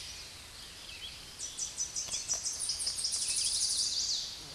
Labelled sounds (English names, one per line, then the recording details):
Tennessee Warbler song
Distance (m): 20 m
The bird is about 5 m above the microphone
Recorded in a Pennsylvania forest on 16 May 2024 at 08:51
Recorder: AudioMoth, point MSD-2007
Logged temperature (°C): 16.1 °C
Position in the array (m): 55 m, 38 m